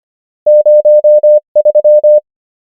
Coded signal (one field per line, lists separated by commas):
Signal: Morse code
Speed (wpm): 25 wpm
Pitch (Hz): 600 Hz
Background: none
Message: 0 3